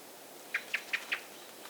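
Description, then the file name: Common blackbird call: four short, sharp clucking notes in quick, even succession about a fifth of a second apart, over a steady background hiss. "Turdus merula"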